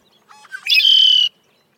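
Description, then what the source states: Red-winged Blackbird song, with brief introductory notes leading into a harsh, buzzy trill that lasts about half a second. Year-round resident of North America; loudly protests intruders on its territory.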